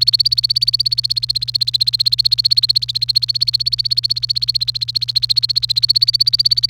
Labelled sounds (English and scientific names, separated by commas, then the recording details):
Domestic Canary (Serinus canaria) song
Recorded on 28 April 2018 at 11:41
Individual llb3